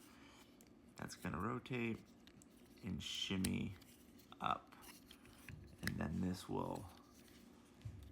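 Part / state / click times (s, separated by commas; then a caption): plastic parts of a transforming robot figure folding into its body / not seated / none. Someone talks while handling the plastic parts of a transforming robot figure, a Transformers Age of the Primes Deluxe Class Skydive or Fireflight, as they rotate and shimmy up to fold into its body. Soft scraping and small plastic ticks sound between the phrases, with the sharpest tick near 5.9 s. The panels have not locked into place yet, and nothing has seated.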